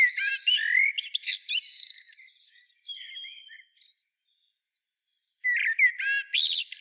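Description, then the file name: Common blackbird with a busy phrase of high squeaky and twittering notes, fading into softer notes, then silence and a final loud burst. "Turdus merula"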